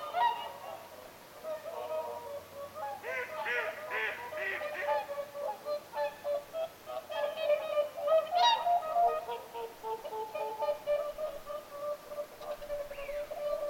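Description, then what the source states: Whooper swans honking as a flock, nasal trumpeting notes overlapping in a steady chorus. Several whooper swans calling at Lintulahti, 6 November 2025.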